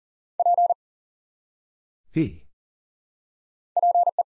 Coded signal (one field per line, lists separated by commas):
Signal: Morse code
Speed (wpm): 38 wpm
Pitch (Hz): 700 Hz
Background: none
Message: P PE